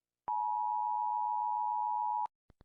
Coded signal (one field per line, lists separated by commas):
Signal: Emergency Alert System (SAME) tones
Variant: 853 and 960 Hz attention tone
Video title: rating EAS alerts pt. 1